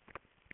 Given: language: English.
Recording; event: throat vibration sensor signal played as sound; swallow